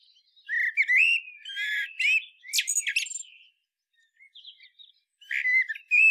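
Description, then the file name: Common blackbird song, rich fluty phrases with squeaky high notes, a pause with quiet twitters, then another loud warbled phrase begins. "Turdus merula"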